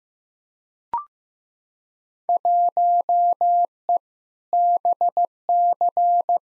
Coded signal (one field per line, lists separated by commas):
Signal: Morse code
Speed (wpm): 15 wpm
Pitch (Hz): 700 Hz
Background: none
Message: 1E BC